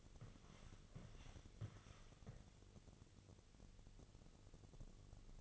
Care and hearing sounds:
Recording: daily activity, microphone in the room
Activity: walk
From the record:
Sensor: 4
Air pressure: 1001.3 hPa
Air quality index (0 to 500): 176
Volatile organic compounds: 2 ppm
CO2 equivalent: 1262 ppm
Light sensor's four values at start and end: 15/34/14/14 and 14/33/14/14

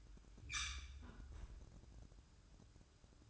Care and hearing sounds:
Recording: daily activity, microphone in the room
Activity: close fridge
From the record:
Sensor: 2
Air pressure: 1007.6 hPa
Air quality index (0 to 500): 55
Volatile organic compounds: 1 ppm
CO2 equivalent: 582 ppm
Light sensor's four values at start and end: 9/22/9/9 and 9/22/9/9

